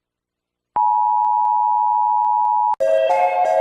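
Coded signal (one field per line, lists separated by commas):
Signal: Emergency Alert System (SAME) tones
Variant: 853 and 960 Hz attention tone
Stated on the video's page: Animated EAS alarms, not a real broadcast.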